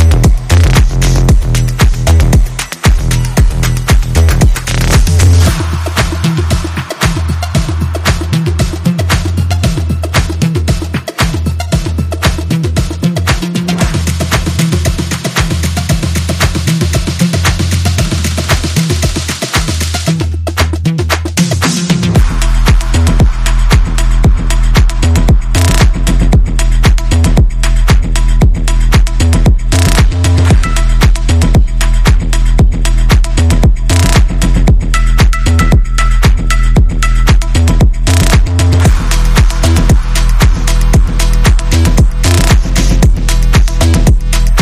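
A dosing machine for cake production runs without pause, a deep steady hum underneath a dense stream of mechanical clatter and clicks. A bright hiss rises between about five and twenty seconds, then fades, and faint whining tones appear later on.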